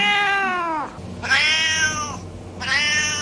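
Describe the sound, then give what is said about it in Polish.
A cat meows three times in a row, each call a drawn-out, wavering cry with rich harmonics, the first lower and falling, the next two higher and more insistent, with no talking. “Trwają właśnie prace nad aplikacją, która zajmie się tłumaczeniem kociego miauczenia.”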